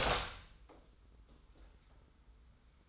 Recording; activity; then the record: daily activity, microphone in the room; open door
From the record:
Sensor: 3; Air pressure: 990.3 hPa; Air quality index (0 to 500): 171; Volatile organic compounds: 1000 ppm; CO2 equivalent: 5516 ppm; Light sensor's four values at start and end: 48/113/46/44 and 48/113/46/44